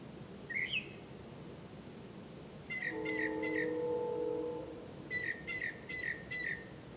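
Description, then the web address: Bird calls: a rising whistle, then runs of short repeated chirps, with a steady low humming tone in the middle. "misc bird"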